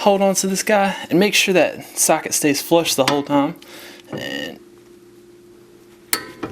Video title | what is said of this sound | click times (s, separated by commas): Steering Knuckle Remove & Replace "How to" Honda Civic | there we go and I heard it click so that's 35 foot lbs and | 6.1 s